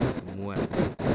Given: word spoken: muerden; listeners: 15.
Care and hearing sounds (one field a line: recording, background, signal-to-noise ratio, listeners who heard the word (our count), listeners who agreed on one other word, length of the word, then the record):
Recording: one Spanish word in noise, from a listening test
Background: noise modulated by one talker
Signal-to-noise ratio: -7.7 dB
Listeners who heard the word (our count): 0 of 15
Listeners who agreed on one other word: 7 of 15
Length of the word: 0.75 s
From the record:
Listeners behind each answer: 7, 3, 2, 1, 1, 1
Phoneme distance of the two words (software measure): 17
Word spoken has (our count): 2 syllables, 7 phonemes, stress on syllable 1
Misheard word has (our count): 2 syllables, 6 phonemes, stress on syllable 1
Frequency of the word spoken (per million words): 0.62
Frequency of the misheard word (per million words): 277.53